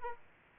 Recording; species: mosquito wingbeat signal from an infrared sensor; Aedes aegypti